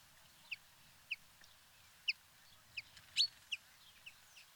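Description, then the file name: Common chaffinch calls: short, sharp, high notes repeated roughly every half to one second over a quiet background hiss. "Fringilla coelebs"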